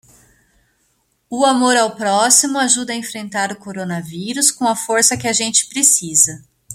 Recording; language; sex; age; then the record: spoken sentence; Brazilian Portuguese; female; 30 to 39 years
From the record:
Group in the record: control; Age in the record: 38 years